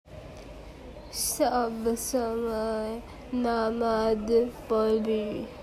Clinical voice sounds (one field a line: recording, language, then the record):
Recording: elicited speech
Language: Bengali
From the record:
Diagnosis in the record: Broca's or global aphasia after a stroke